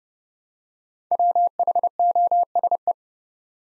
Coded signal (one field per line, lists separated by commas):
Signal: Morse code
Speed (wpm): 30 wpm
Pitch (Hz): 700 Hz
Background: none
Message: WHOSE